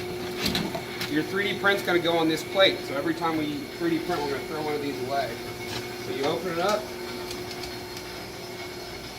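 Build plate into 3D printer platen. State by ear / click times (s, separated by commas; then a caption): not seated / none. Someone talks while a disposable build plate is handled and lined up to slide back onto the hooks and grooves of the platen in a Stratasys Mojo 3D printer, with light handling noises and a steady background hum. The plate has not snapped into place yet, and no click is heard.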